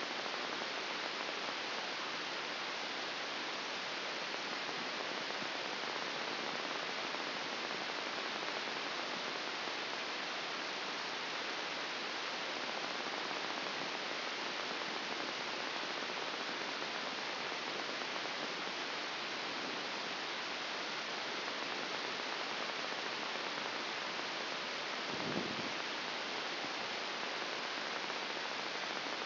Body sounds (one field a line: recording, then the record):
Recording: brain microelectrode recording played as sound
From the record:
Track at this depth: inside the subthalamic nucleus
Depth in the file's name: 3.698 mm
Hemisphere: left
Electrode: 2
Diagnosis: Parkinson's disease